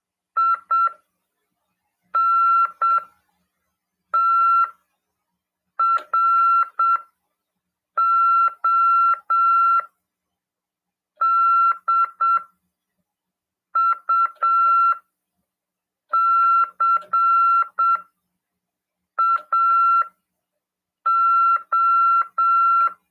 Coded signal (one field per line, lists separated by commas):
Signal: Morse code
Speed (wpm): 7 wpm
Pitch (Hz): 1350 Hz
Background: none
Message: INTRODUCAO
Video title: RADIOAMADOR 2ªEd. 13/12/2022 "AULA 44: CW, LEGIS e C.RODADA" FM 146.410 Mhz PY2EXU PAULO CRASP/RAF.